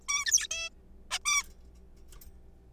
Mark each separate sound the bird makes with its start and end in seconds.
0.09-0.24, 0.26-0.47, 0.51-0.69, 1.11-1.19, 1.25-1.42